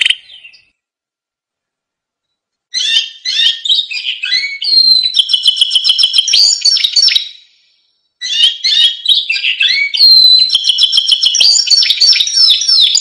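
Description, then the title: Canary song: a brief note and a pause, then two long bursts of quick varied chirps, slurred whistles and fast trills separated by a short silence. Canary singing prolifically (gacor) with full, varied song (full isian); masteran training recording for caged lovebirds, white-rumped shamas (murai batu), canaries and green leafbirds (cucak ijo). "Masteran Kenari Gacor Full Isian Untuk Lovebird, Murai Batu, Kenari, Cucak Ijo"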